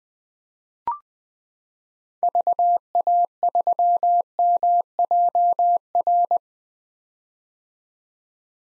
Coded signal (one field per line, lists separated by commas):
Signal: Morse code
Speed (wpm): 21 wpm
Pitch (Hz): 700 Hz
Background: none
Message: VA3MJR